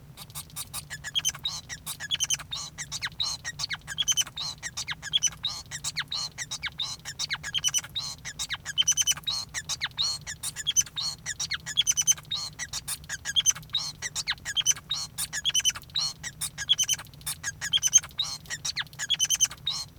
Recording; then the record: song of a male Bengalese finch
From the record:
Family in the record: son of father 5